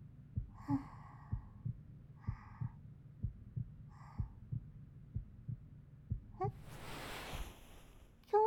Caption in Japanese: 後ろから心臓の音。